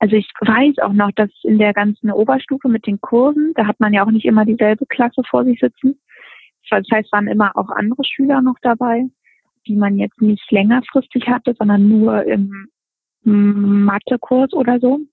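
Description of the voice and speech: A young woman who stutters speaks German in fluent stretches, with a silent block of over a second inside a word ('im ... Mathekurs') and some tense, creaky vowel onsets. These are mild signs of stuttering, mostly inner and barely audible to others, after a four-week intensive stuttering therapy at age 15.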